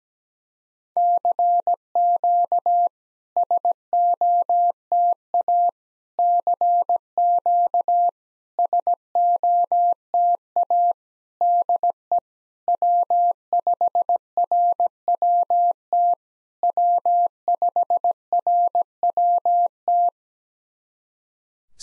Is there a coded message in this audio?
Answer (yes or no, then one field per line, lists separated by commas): yes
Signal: Morse code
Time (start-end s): 1.0-20.1 s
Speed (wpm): 17 wpm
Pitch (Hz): 700 Hz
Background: none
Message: CQ SOTA CQ SOTA DE W5RWT W5RWT